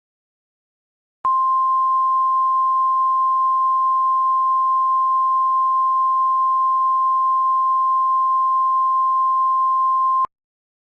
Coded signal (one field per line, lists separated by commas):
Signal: Emergency Alert System (SAME) tones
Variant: 1050 Hz attention tone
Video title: Delawares Doom… MY FIRST EAS MOCK